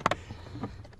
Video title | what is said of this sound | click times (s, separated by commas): 2024 Denali Ultimate Cabin Air Filter 6k miles | and then it locks in and then you clip it on the end down here | 0.1 s